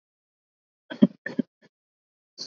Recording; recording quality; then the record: shallow voluntary cough; moderate, slight background noise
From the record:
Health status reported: healthy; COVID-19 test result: negative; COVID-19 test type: RT-PCR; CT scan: not taken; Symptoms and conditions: fever, muscle pain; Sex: female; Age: 45 years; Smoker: no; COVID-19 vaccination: both doses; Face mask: worn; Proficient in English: yes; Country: India